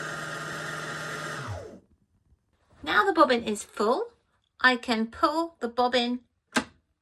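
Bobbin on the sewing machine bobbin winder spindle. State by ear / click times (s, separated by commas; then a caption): released / 6.6 s. A sewing machine's bobbin winder whirs steadily and winds down to silence by about 1.8 seconds as the full bobbin stops winding, then someone talks. At 6.6 seconds a short sharp click sounds as the full bobbin on the winder spindle is pulled back to the left and clicks out of its winding position, releasing it.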